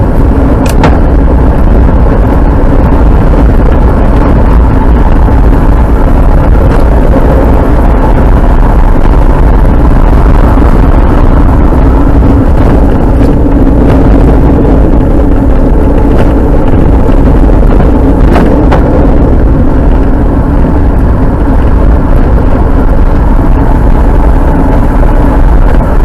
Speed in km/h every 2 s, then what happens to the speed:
42, 48, 55, 55, 57, 57, 40, 36, 18, 17, 34, 51, 56.
0-4 speeds up to 55. 4-10 steady at about 55. 10-16 brakes to 18. 18-26 speeds up to 56.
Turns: 13-21.